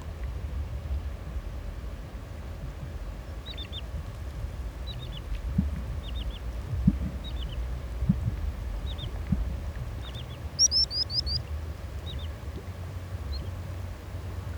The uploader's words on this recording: Aural encounters in the floodplains by pablo sanz, 2023. Sound piece composed with recordings made during SONIC FUTURE RESIDENCIES organized by Asociația Jumătatea plină and SEMI SILENT at Port Cetate, Dolj county, Romania, in September 2022. An imaginary day, from dawn to sunset. It meanders through aural spaces based on encounters with human and other-than-human lifeforms and their movements, shaped by the presence of the river.